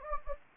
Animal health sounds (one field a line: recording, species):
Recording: mosquito wingbeat signal from an infrared sensor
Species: Anopheles gambiae